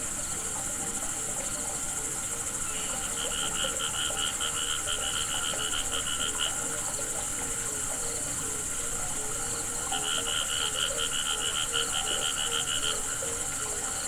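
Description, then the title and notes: Frogs croaking in two bursts of rapid, rattling pulsed notes, separated by a pause, over a steady high buzz of crickets. Frogs calling together with crickets at a pond on the Hajnice stream near Ústí, Czechia. "Ústí, Czechia - žáby a cvrčci Hajnice. žáby a cvrčci u hodní tůně na potoce Hajnice"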